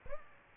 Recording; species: mosquito wingbeat signal from an infrared sensor; Aedes aegypti